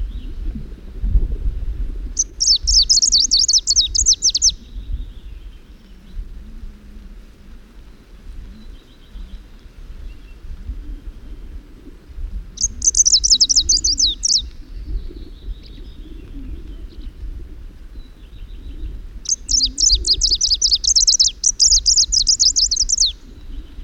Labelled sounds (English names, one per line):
Greenish Warbler song